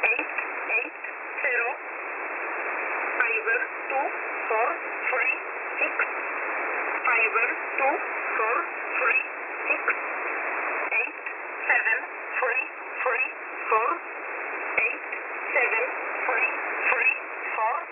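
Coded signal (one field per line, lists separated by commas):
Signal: numbers station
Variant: E11a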